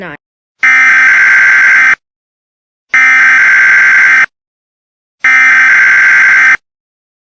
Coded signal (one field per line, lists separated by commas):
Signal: Emergency Alert System (SAME) tones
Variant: header bursts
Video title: EAS Scenario: twitz